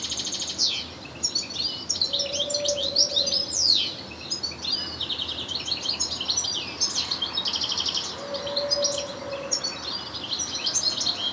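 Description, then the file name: European goldfinch twittering calls, dense bursts of bright, liquid chirps and trills, with a low steady tone twice in the background. "Carduelis carduelis"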